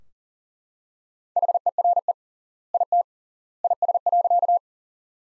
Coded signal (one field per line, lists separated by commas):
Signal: Morse code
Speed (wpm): 40 wpm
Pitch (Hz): 700 Hz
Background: none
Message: HERE IT IS.